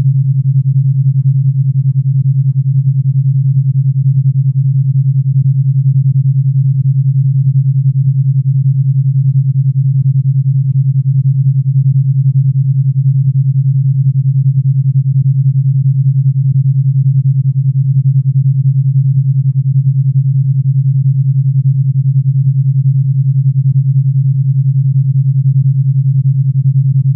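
A pure alpha brainwave tone at 10 Hz: a single steady low hum centered near 130 hertz, unchanging for the whole clip. It is dense and smooth with a faint, fast regular pulsing, with nothing above the low range and no other sounds.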